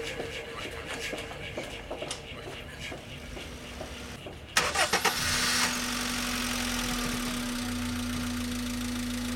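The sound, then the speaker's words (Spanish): A car engine cranks over with a few quick bursts, catches, then settles into a steady, low idling hum with a constant droning tone, following a stretch of rustling, shifting noise; a woman's car idling in the driveway of a house. “Escuchó el ralentí del motor.”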